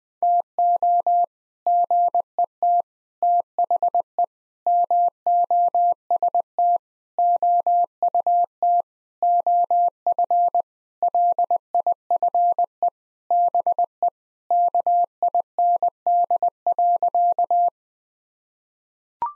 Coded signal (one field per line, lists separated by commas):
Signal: Morse code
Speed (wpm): 20 wpm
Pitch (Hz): 700 Hz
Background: none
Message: TO GET THE MOST OUT OF LIFE BE KIND.